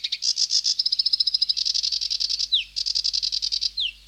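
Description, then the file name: Sedge warbler song: dense rattling trill, then two sharp downslurred whistles separating further bursts of fast chattering notes. "Sedge Warbler (Acrocephalus schoenobaenus)"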